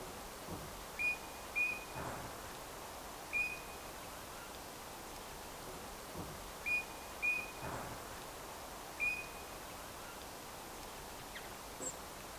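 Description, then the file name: Eurasian bullfinch piping calls: brief, pure, flat whistles in pairs and singles, roughly six notes throughout, with low rumbling noise underneath. "Pyrrhula pyrrhula"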